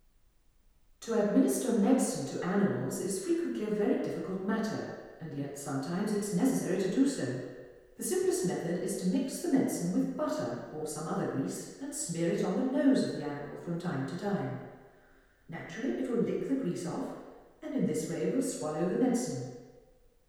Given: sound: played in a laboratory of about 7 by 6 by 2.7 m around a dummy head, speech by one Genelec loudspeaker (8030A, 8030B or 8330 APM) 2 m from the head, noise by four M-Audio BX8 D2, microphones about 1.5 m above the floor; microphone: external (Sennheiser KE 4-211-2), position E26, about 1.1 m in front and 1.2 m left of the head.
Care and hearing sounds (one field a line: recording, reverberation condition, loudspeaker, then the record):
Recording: female speech in English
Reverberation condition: high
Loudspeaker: 150 degrees to the right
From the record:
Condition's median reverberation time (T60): about 1300 ms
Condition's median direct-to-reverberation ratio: about -4.0 dB